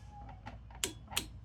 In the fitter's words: Voilà, ça fait clic clou. Quand ça fait clou, c'est serré.